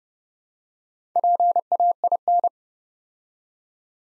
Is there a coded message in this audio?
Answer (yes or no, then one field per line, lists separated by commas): yes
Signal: Morse code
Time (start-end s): 1.2-2.5 s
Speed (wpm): 29 wpm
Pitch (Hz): 700 Hz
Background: none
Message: PAIN